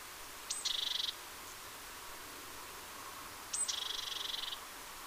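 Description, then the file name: Great tit calling twice, each call a thin high note dropping into a harsh buzzing churr lasting about half a second to a second, with soft hiss between. "Parus major"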